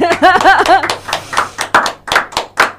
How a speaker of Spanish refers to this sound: Aplaudan.